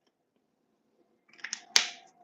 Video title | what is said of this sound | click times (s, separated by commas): Easy Last-Minute Christmas Gifts - Painting Wooden Ornaments LIVE with Acrylic Paint Markers | have to clamp it on till you hear it snap. | 1.8 s